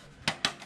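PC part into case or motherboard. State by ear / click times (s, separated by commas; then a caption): seated / 0.3 s, 0.5 s. Late in building a first custom PC for under $200, a part is pressed into place in the case or motherboard. Two loud, sharp snaps ring out at about 0.3 s and 0.5 s over a quiet background. The part is seated.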